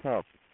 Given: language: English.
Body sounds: throat vibration sensor signal played as sound; speech

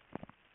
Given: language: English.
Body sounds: throat vibration sensor signal played as sound; swallow

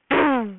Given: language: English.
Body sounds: throat vibration sensor signal played as sound; throat clearing

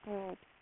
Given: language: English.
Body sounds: throat vibration sensor signal played as sound; speech

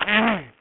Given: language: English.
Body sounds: throat vibration sensor signal played as sound; throat clearing

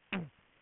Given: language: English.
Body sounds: throat vibration sensor signal played as sound; throat clearing

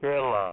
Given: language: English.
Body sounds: throat vibration sensor signal played as sound; speech

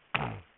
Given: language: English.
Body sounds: throat vibration sensor signal played as sound; throat clearing

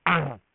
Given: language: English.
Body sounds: throat vibration sensor signal played as sound; throat clearing

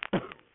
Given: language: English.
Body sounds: throat vibration sensor signal played as sound; cough

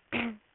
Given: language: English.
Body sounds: throat vibration sensor signal played as sound; throat clearing

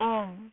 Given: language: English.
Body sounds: throat vibration sensor signal played as sound; speech

